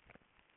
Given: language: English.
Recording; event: throat vibration sensor signal played as sound; swallow